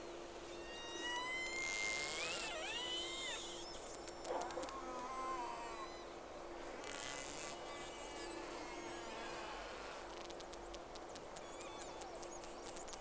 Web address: 10-3-06 Whales X 2 11-30 Round 1